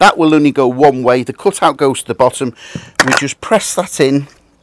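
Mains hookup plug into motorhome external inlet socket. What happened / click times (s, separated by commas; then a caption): Handled, not yet home: the plug is lined up but no seating click is heard / none. Someone talks while the mains hookup lead's plug, keyed with a cutout at the bottom, is lined up to be pressed into the external hookup inlet socket of a 2001 Autosleeper Executive motorhome, where it is meant to click solidly into place and give a watertight seal. Speech fills the clip with only brief pauses, and nothing has seated or clicked yet when it ends.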